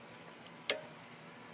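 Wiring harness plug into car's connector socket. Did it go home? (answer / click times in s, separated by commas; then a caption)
yes / 0.7 s. The EV mod wiring harness plug for a Prius is lined up and pushed into its mating connector socket under the dash. A single sharp click comes at 0.7 s over a low steady background hum. The click marks the plug seating fully into the socket.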